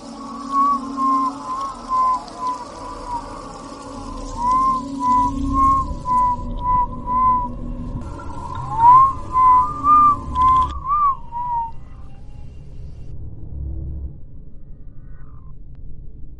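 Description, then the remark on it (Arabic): A person whistles a slow, wavering tune in short repeated phrases over a low background rumble in a dark house, then falls silent for the last few seconds. “بعد كده بدأت اسمع صوت حد بيصفر.”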